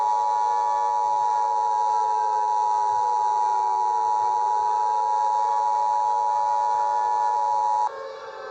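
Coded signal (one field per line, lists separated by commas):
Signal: Emergency Alert System (SAME) tones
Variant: 853 and 960 Hz attention tone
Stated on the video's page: Fictional EAS scenario, not a real alert.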